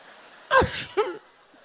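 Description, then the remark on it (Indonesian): A voice imitates a child's sneeze: a sharp, breathy burst followed by a shorter second push, loud against a quiet background for about a second. “Anak sekarang ngelihat mendung aja bersin.”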